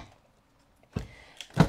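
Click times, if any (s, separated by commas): 1.4 s, 1.6 s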